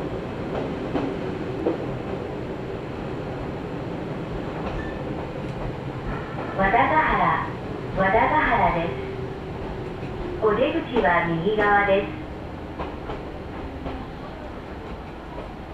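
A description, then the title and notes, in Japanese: A steady low rumble of a small local train runs throughout, with a few light clicks early on. Around seven, eight and eleven seconds, louder bursts of wavering, sliding tones rise over the hum, possibly a voice or machinery. 伊豆箱根鉄道 大雄山線 大雄山→穴部。細い路地に割り込んだ感じの駅で線路を渡る踏切も随分と狭い場所にありました。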